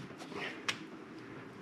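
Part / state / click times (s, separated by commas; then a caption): hose or electrical connector onto engine thermostat housing / seated / 0.7 s. A hose or electrical connector is pushed onto the thermostat housing of a 2.4L engine on a 2012 Dodge Journey during a thermostat housing replacement. A sharp click sounds at 0.7 s as the coolant line connector seats, and the connector is then in place.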